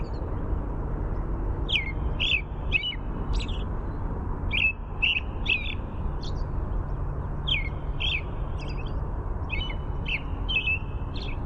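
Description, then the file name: American robin delivering clear, choppy warbled phrases in groups with short gaps, accompanied by a persistent low hum of background noise. "AMRO song"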